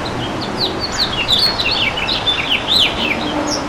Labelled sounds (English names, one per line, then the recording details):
House Finch song
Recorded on Long Island, New York, on 11 June 2012
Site OP
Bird C